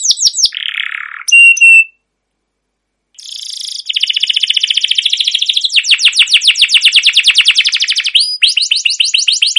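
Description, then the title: Canary song with brief buzzy notes and a pause, followed by long fast rolling trills and a quick sweeping phrase. Used as a lure (pancingan) for other canaries; song described as chirping 'cuit cuit', rolling (ngerol) and long-running (gacor panjang). "CUIT CUIT NGEROL LANGSUNG GACOR PANJANG Kenari Ini AMPUH Utk Pancingan KENAR"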